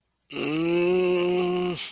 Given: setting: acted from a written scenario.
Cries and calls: vocal sound without words; ecstasy

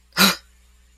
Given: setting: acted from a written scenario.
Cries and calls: vocal sound without words; negative surprise

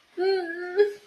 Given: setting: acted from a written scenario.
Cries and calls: vocal sound without words; fear

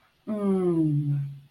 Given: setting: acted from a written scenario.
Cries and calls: vocal sound without words; ecstasy

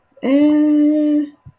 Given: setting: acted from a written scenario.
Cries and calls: vocal sound without words; confusion

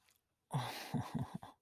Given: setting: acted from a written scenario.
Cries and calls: vocal sound without words; desire

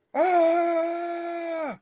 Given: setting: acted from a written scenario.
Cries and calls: vocal sound without words; fear

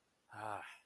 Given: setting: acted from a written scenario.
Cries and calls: vocal sound without words; anger

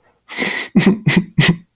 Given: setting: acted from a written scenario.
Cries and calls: vocal sound without words; sadness

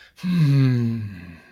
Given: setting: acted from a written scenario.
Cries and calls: vocal sound without words; contempt

